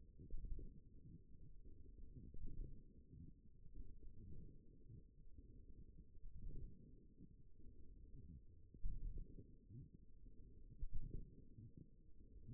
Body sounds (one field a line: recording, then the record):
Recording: forearm muscle sounds (acoustic myography)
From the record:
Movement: forearm supination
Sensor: system 1, eight BSWA MPA416 microphones around the upper forearm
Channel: 1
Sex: female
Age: 21 years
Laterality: right